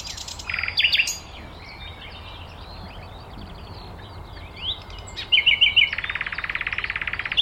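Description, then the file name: Common nightingale song with short chirps, a quick series of looped notes, and a dense buzzy rattling trill at the end. "Luscinia megarhynchos"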